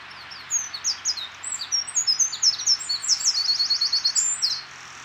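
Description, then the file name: Eurasian wren singing a vigorous, high, rapid jumble of chirps that runs into a fast mechanical trill near the end. "Troglodytes troglodytes"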